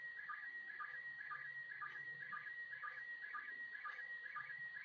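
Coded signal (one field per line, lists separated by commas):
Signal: SSTV (slow-scan television)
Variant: PD 120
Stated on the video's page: SSTV images from the International Space Station, received on a high elevation pass.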